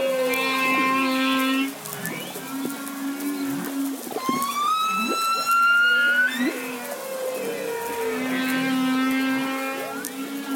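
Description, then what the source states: Humpback whale vocalizing in long low steady moans alternating with rising whistled sweeps and wavering tones. Described as the moving expression of a humpback whale.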